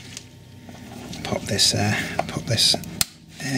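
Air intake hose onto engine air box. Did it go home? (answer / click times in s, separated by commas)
yes / 3.0 s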